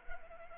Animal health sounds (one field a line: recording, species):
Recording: mosquito wingbeat signal from an infrared sensor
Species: Culex pipiens